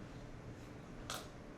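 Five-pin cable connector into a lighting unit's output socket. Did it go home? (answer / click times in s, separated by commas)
yes / 1.1 s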